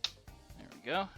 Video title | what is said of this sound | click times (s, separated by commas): Voltron, Defender of the Universe! Part 5 - Sword, Shield and put it all together! | two black hooks that are right here it's kind of rotate up snap in place there | 0.0 s